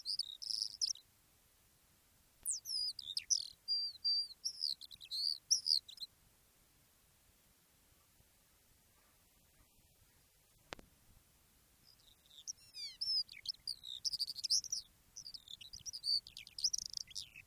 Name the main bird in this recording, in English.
Eurasian Skylark